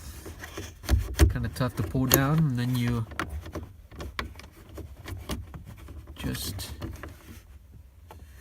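Someone talks while reattaching the glove box damper arm to the glove box of a Honda after replacing the cabin filter, the arm being tough to pull down. Short handling knocks and taps sound throughout, the sharpest near 4.2 s. Nothing has seated or clicked yet; the clip ends just before the arm snaps onto its mount.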